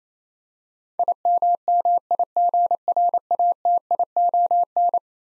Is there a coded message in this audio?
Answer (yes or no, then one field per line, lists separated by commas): yes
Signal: Morse code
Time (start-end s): 1.0-5.0 s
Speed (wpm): 28 wpm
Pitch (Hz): 700 Hz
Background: none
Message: IMMIGRATION